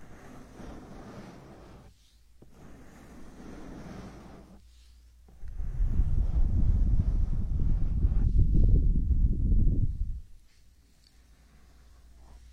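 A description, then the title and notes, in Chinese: Hand massage: soft rubbing and skin-on-skin friction in low, dense strokes, pausing briefly around two and five seconds. From about five to ten seconds the rubbing grows much louder and fuller, then drops away to near silence with faint low rumble. 手部按摩4（声控助眠）。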